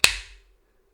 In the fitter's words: Hear that solid click there? Very nice.